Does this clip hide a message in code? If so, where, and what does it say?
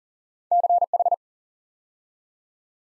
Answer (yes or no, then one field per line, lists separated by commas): yes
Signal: Morse code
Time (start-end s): 0.5-1.1 s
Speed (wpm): 43 wpm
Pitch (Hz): 700 Hz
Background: none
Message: CH